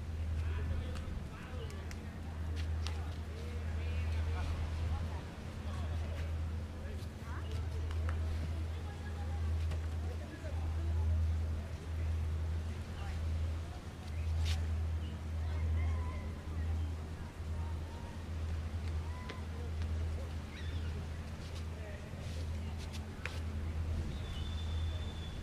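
People chat outdoors over a steady low rumble, with scattered clicks, brief high chirps, and a soft wash of waves behind.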